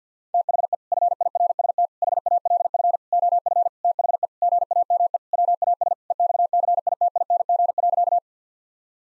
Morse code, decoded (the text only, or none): THE FIRST HALF OF THE GAME WAS EXCITING.